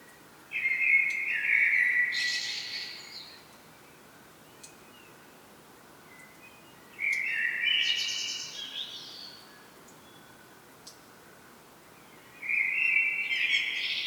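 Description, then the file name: Common blackbird repeating fluted song phrases with pauses of several seconds, each low whistled opening topped by a high-pitched squeaky tail; two full phrases and the start of a third. "Turdus merula"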